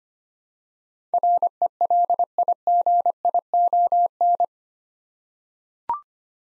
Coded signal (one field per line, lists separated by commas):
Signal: Morse code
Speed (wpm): 25 wpm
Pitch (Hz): 700 Hz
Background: none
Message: RELIGION